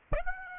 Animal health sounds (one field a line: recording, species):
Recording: mosquito wingbeat signal from an infrared sensor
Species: Aedes aegypti